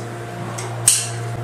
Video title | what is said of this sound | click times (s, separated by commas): New Toy - Ryobi 40V Battery Operated Tiller | there's a click | 0.9 s